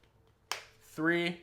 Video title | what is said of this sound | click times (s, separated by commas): THE BEST Case For iPhone Photos/Videos!! - Moment Camera Case for iPhone 16 Pro Max | All 4 corners have a very nice solid click. | 0.5 s